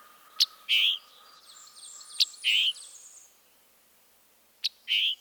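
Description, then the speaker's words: Scarlet Tanager call notes: three emphatic two-part chick-burr calls, each a sharp click followed by a hoarse burry note. Diagnostic emphatic chick-burr call note. "Listen to its robin-like but hoarse-sounding sing-song notes and also the diagnostic chick-burr."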